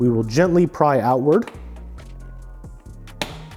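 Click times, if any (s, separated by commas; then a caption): 3.2 s. Someone talks, then a low steady hum runs while the plastic "fang" tabs of a 2017+ Yamaha YZF-R6 front fascia are gently pried outward on each side to remove it for installing a TST DRL to turn signal harness converter. A sharp, audible click at 3.2 seconds marks the fascia tab clips popping free and releasing from their mounts in the front cowl.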